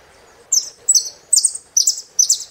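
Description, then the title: Saffron finch song: five buzzy two-part phrases, each dropping in pitch, repeated roughly every half second. "Jilguero Argentino"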